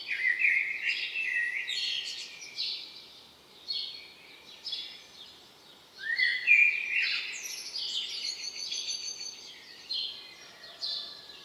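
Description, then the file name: Common blackbird song: bursts of high twittering, repeated irregularly throughout. "Turdus merula"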